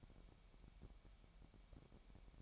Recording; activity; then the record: daily activity, microphone in the room; take from stove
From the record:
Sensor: 1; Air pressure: 1012.1 hPa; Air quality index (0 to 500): 222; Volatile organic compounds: 5 ppm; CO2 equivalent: 1772 ppm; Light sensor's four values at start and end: 67/160/67/70 and 67/160/68/71